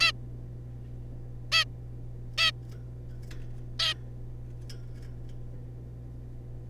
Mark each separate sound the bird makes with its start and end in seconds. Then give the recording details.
0.01-0.12, 1.52-1.65, 2.38-2.52, 3.79-3.94. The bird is a juvenile. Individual R3549